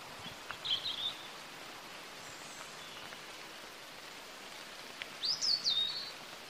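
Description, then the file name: European robin song: a short high phrase near the start and a longer, louder warbled phrase near the end, over steady rain-like hiss. "Erithacus rubecula"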